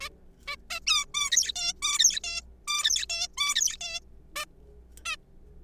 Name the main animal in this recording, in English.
Zebra Finch